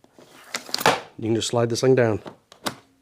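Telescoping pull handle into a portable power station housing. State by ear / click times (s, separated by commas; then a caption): seated / 2.7 s. Someone talks while the telescoping pull handle of a JXWVU 2500W portable power station is slid back down into its housing. A sharp click at 2.7 s marks the handle latching and locking into place, seated.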